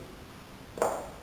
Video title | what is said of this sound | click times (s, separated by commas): 3 Simple Steps To Avoid Cross-threading Screws, Nuts, Bolts (Updated Video Available) | that click and it's raised a turn so | 0.8 s